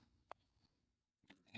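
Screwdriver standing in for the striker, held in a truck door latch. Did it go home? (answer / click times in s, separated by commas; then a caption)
released / 0.3 s. A screwdriver shaft, standing in for the striker, is held closed in a replacement Ford truck door latch while the handle is pulled. The latch lets go with a sharp click at 0.3 s, and the screwdriver comes right out, followed by quieter handling noises near the end. The latch releases on the handle pull.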